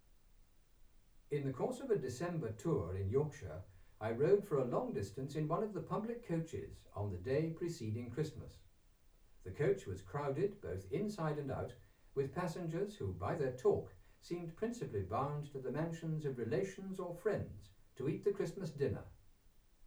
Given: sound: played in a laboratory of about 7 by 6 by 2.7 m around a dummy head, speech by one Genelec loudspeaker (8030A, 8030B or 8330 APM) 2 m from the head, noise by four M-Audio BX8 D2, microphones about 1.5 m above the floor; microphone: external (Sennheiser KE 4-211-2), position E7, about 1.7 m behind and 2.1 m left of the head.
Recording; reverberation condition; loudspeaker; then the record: male speech in English; low; in front (0 degrees)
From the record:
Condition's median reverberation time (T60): about 310 ms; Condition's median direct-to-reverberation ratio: about 3.5 dB